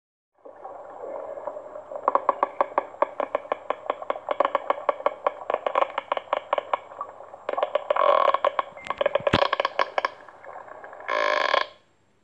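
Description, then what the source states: Sperm whale clicks: a long train of sharp knocking pulses with denser bursts, ending in a brief buzzing rattle. Knocking sound likened to boat hulls knocking together or bridge pilings in the current.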